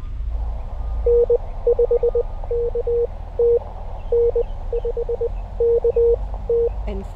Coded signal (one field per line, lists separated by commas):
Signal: Morse code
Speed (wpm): 20 wpm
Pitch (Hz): 470 Hz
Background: none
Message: N5KT N5KT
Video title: CW POTA CRAB at Biscayne National Park